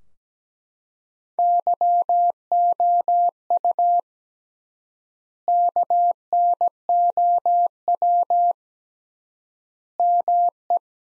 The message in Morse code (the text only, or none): YOU KNOW ME